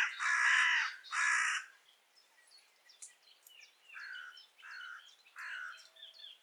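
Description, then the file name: Carrion crow giving two loud harsh caws, followed by quieter, thinner calls. "Corvus corone"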